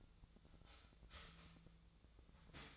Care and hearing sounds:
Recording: daily activity, microphone in the room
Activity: start toaster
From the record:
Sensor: 3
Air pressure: 1009.2 hPa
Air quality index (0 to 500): 198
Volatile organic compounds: 17 ppm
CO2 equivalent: 2569 ppm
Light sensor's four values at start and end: 32/80/34/36 and 32/80/34/36

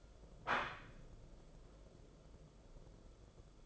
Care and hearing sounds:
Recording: daily activity, microphone in the room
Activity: place plate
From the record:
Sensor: 5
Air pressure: 994.5 hPa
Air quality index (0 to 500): 169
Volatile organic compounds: 570 ppm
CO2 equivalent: 4906 ppm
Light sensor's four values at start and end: 9/23/9/10 and 9/23/9/10

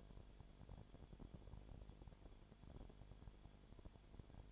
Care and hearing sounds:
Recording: daily activity, microphone in the room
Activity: no activity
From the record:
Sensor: 5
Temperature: 20.0 degrees Celsius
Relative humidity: 37.0%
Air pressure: 1007.4 hPa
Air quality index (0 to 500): 84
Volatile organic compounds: 1 ppm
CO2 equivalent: 965 ppm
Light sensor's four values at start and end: 2/3/1/1 and 2/3/1/1

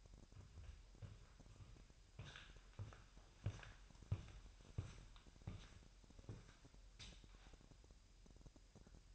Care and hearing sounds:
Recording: daily activity, microphone in the room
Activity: walk to room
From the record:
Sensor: 2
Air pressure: 1001.8 hPa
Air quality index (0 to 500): 248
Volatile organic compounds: 35 ppm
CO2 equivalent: 3053 ppm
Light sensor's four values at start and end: 7/16/7/7 and 7/15/6/6

